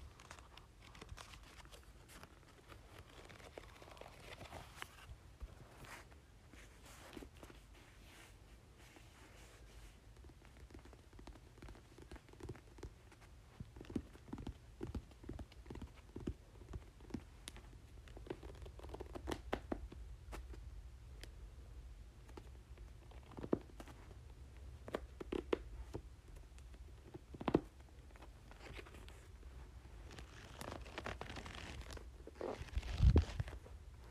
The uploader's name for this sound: ASMR Book Pages